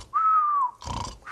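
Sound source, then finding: Adult imitating snoring. Snoring (imitation).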